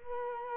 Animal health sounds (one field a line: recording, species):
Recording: mosquito wingbeat signal from an infrared sensor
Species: Culex quinquefasciatus